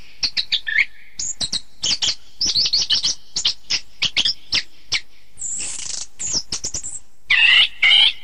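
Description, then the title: Thrush song: rapid clicking chips and squeaky notes in a steady stream, a long high hiss midway, then harsher buzzy phrases at the end. "Suara Burung Anis"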